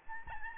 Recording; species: mosquito wingbeat signal from an infrared sensor; Aedes albopictus